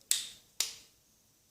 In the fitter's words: donc là vous arrêtez de tirer vous entendez le clic et